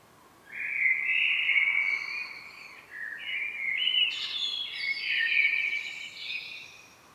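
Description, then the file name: Common blackbird song: a rich fluted phrase followed by several shorter warbles and a high, scratchy twittering ending. "Turdus merula"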